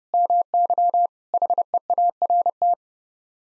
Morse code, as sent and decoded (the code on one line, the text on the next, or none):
-- -.-- / .... . .- .-. -
MY HEART